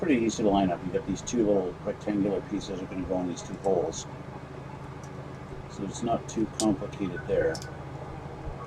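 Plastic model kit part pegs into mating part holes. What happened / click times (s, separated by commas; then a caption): Plastic pegs handled, not yet seated / none. A plastic model kit part for the MG RX-0 Unicorn Gundam with MS Cage by Bandai is handled, its two small rectangular pegs lined up with two holes in the mating part. Someone talks throughout over a steady low hum. Nothing has seated or clicked yet.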